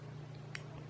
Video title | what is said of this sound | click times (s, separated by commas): So many KIZER SHEEPDOGS! | that locks in place beautifully | 0.6 s